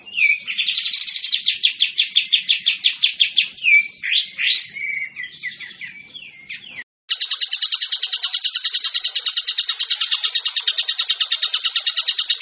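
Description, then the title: Bird song mixing rapid chirps and varied whistled phrases, then after a brief gap a dense, fast, high chirping trill. Masteran bird-song compilation, described as the most complete. "Masteran burung terlengkap"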